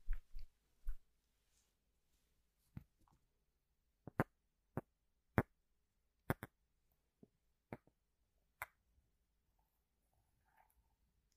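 Household objects make sharp, sudden clicks and knocks, spaced irregularly: a few low thumps first, then a dozen crisp snaps over the silence.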